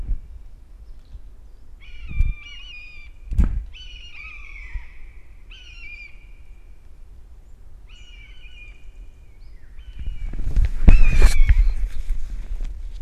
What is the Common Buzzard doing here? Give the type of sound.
call